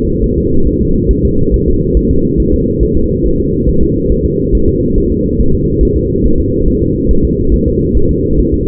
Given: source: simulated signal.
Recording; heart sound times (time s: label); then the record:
fetal heart sounds
0.24 s: S1
0.38 s: S2
0.67 s: S1
0.82 s: S2
1.11 s: S1
1.25 s: S2
1.54 s: S1
1.68 s: S2
1.97 s: S1
2.11 s: S2
2.40 s: S1
2.54 s: S2
2.83 s: S1
2.97 s: S2
3.26 s: S1
3.40 s: S2
3.69 s: S1
3.83 s: S2
4.12 s: S1
4.26 s: S2
4.55 s: S1
4.69 s: S2
4.98 s: S1
5.12 s: S2
5.41 s: S1
5.55 s: S2
5.83 s: S1
5.97 s: S2
6.26 s: S1
6.40 s: S2
6.68 s: S1
6.82 s: S2
7.11 s: S1
7.25 s: S2
7.54 s: S1
7.68 s: S2
7.97 s: S1
8.11 s: S2
8.39 s: S1
8.54 s: S2
From the record:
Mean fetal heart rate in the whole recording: 140 bpm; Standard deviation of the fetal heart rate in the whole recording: 2 bpm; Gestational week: 34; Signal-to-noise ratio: -16.4 dB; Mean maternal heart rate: 72 bpm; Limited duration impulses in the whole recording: present